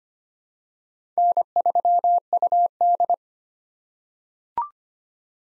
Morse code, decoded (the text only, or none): N3UD